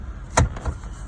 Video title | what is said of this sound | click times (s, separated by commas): 2013 F 150 radio fix | once we get that in place, we just push it in, it snaps in, | 0.4 s